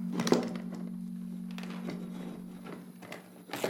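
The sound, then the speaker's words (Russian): A piece of wire pulled from a table lamp's shade, its end bent into a hook, taps lightly and irregularly on a bedside table, about half a dozen sharp, quiet clicks spread out over a steady low electrical hum. “Выгибает ее конец в форме крючка. Стучит по тумбочке.”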